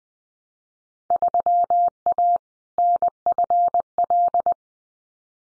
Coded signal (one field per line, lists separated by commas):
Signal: Morse code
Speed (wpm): 20 wpm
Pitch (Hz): 700 Hz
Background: none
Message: 3A NFL